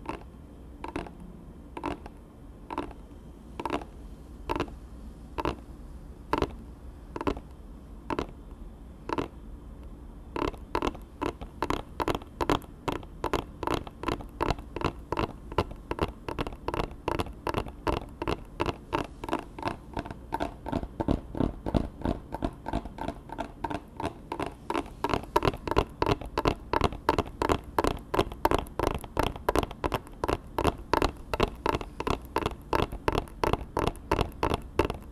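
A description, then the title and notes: Tapping on dark objects, with crisp knocks that come slowly and evenly for the first ten seconds. The taps then speed up into a fast, steady patter that grows louder and brighter after about 25 seconds. A low hum sits underneath throughout. ASMR TAPPING on Dark things 黒いものにタッピング.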